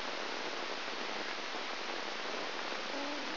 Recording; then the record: brain microelectrode recording played as sound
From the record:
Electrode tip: outside the subthalamic nucleus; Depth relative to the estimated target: -4 mm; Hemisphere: left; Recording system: AlphaMap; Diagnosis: Parkinson's disease